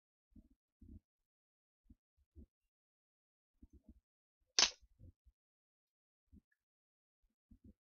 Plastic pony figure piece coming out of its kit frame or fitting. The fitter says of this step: if you heard it snapping but it wasn't too hard to get that out